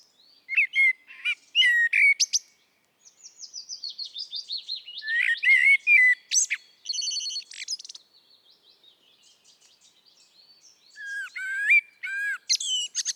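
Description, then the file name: Eurasian blackbird singing repeated phrases of low mellow whistles followed by high, rattling squeaks, with a softer series of thin notes between them. "Turdus merula"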